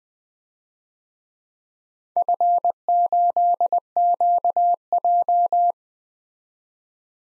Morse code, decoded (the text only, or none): F8QJ